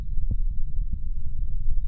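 Soft, muffled low thumps recur about every half second or so over a steady low rumble and faint hum: a woman's heartbeat heard close to the chest, with no obvious extra sounds.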